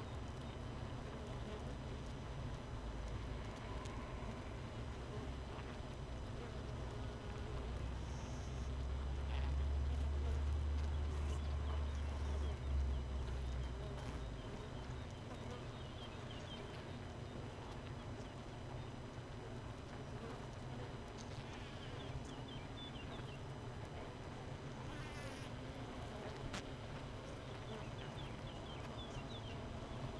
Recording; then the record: honeybee colony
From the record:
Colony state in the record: missing queen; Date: 31 May 2018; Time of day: 5:43